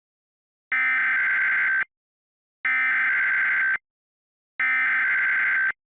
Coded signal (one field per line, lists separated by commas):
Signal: Emergency Alert System (SAME) tones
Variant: header bursts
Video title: EAS - California Tornado Trouble